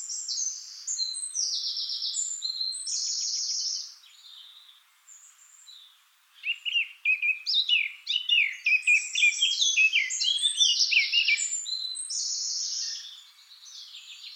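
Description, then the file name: Eurasian blackcap song, high scratchy notes, a pause, then a loud, fast and varied warbling phrase. "Sylvia atricapilla"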